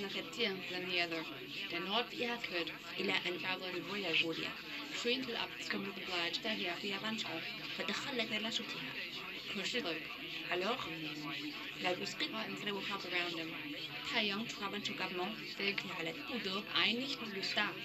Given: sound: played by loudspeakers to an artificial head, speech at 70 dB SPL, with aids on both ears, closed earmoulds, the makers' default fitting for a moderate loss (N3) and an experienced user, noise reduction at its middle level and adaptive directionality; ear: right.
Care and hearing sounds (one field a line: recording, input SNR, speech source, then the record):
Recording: speech test signal (ISTS) in cocktail-party noise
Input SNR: +6 dB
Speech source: in front (0 degrees)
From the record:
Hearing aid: class 1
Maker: D